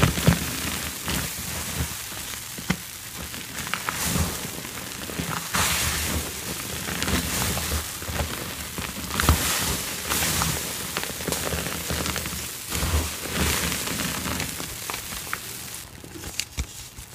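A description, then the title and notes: Watermelon ASMR: a steady stream of wet crunching and crackling fills the clip, dense and bright throughout. Louder crisp bursts stand out every second or two, around 4, 5.5, 9.5, 10 and 16 seconds, over a low, soft rumble. Watermelon ASMR.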